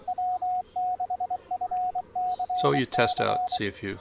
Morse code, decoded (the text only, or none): W6FCC